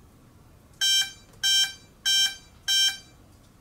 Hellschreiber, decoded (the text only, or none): none